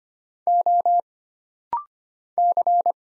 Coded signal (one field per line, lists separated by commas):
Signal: Morse code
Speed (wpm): 25 wpm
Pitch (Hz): 700 Hz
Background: none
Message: O C